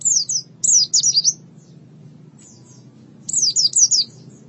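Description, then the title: White-eye song in two brief bursts of high, rapid, slurred twitters separated by about two seconds of quiet with low hum. "Kicauan Burung Pleci"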